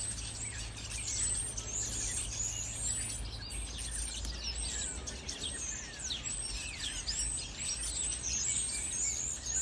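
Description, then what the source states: Common starlings singing in a dense chorus of overlapping high chatter, clicks and thin whistles, some sliding downward. More than one starling.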